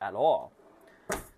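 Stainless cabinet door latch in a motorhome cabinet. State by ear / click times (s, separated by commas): seated / 1.1 s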